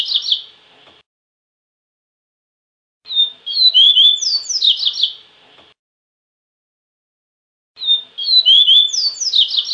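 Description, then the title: Double-collared seedeater singing the same phrase three times, the first and last cut off. Sweet whistled slurs run into scratchy twitters, with silent gaps of about two seconds between them. "Canto Coleiro"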